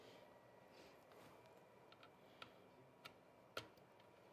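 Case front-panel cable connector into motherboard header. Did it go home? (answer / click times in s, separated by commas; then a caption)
yes / 3.6 s. A front-panel case cable connector is pushed onto its motherboard header, right after the USB 3.2 cable, and it seats. Faint ticks are heard first, then sharper clicks at 2.4 and 3.1 seconds, and the loudest click comes at 3.6 seconds as the connector seats. The click is quiet, more felt than heard.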